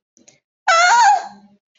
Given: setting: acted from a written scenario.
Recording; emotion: vocal sound without words; fear